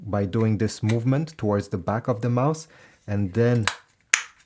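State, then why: Seated. Someone talks while the plastic top shell of a Logitech M170 wireless mouse, just cleaned, is aligned at the front and pushed toward the back of the mouse. It snaps onto the base with one sharp click at 4.1 s, and the shell is seated.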